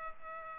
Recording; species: mosquito wingbeat signal from an infrared sensor; Culex pipiens